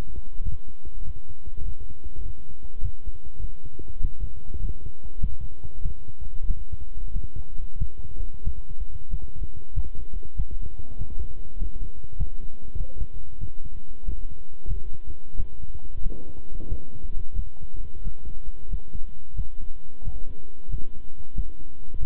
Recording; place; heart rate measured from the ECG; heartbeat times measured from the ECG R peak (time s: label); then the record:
heart sounds by stethoscope; between the tricuspid and mitral areas; 95 bpm
0.41 s: heartbeat
1.03 s: heartbeat
1.63 s: heartbeat
2.23 s: heartbeat
2.81 s: heartbeat
3.39 s: heartbeat
3.99 s: heartbeat
4.59 s: heartbeat
5.18 s: heartbeat
5.81 s: heartbeat
6.45 s: heartbeat
7.11 s: heartbeat
7.77 s: heartbeat
8.42 s: heartbeat
9.08 s: heartbeat
9.73 s: heartbeat
10.35 s: heartbeat
10.96 s: heartbeat
11.57 s: heartbeat
12.16 s: heartbeat
12.75 s: heartbeat
13.38 s: heartbeat
14.03 s: heartbeat
14.66 s: heartbeat
15.35 s: heartbeat
16.01 s: heartbeat
16.67 s: heartbeat
17.34 s: heartbeat
18.02 s: heartbeat
18.68 s: heartbeat
19.34 s: heartbeat
20.02 s: heartbeat
20.69 s: heartbeat
21.33 s: heartbeat
21.98 s: heartbeat
From the record:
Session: walking at 3.7 km/h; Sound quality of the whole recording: good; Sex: male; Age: 26 years